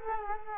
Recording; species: mosquito wingbeat signal from an infrared sensor; Culex quinquefasciatus